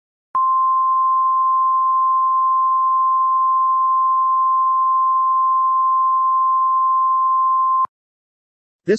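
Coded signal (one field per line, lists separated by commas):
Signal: Emergency Alert System (SAME) tones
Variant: 1050 Hz attention tone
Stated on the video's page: Faux EAS alert made using TTS software.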